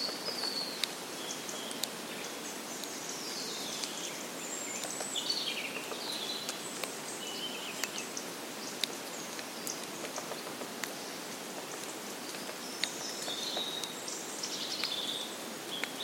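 A woodland soundscape with a steady soft hiss underneath and scattered bird chirps and short trills high up throughout. Sharp dry snaps, like twigs breaking, cut in every second or two at uneven intervals.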